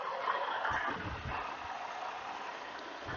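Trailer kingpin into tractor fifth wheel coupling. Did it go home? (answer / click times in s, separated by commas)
no / none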